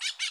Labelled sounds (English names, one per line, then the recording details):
Brown-throated Parakeet contact call
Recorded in Bonaire
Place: 1 km N of power plant, rd to Republiek
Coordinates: 12.184, -68.285